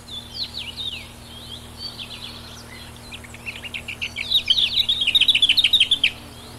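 Lesser whitethroat song with a long, scratchy, subdued warble that ends in a loud, rapid rattle of repeated dry notes.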